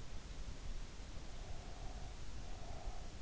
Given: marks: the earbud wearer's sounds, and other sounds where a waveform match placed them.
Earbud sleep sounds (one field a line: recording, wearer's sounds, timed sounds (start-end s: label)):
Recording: sounds in sleep by an in-ear microphone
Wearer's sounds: breath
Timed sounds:
1.31-3.18 s: breath